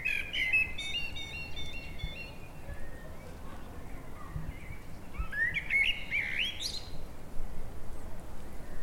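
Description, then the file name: Eurasian blackbird giving two mellow phrases, the second rising into a high squeaky flourish, with quiet background noise between them. "Turdus merula"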